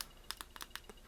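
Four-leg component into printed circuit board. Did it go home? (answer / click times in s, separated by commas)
yes / 0.3 s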